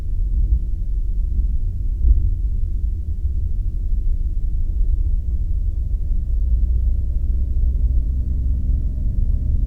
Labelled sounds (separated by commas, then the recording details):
flare stack
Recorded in the Arctic National Wildlife Refuge, Alaska, on 3 September 2019 at 15:11
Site 35